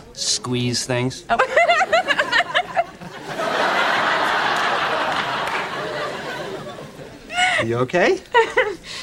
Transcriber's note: laughter